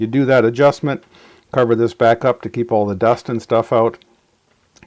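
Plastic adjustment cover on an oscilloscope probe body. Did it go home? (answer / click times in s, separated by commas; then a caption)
yes / 4.8 s. A small plastic adjustment cover on an oscilloscope probe body is slid back over the adjustment hole after probe compensation, to keep dust out, while someone talks. After a brief pause, two short, faint ticks at 4.8 s and 4.8 s mark the cover clicking into place, seated.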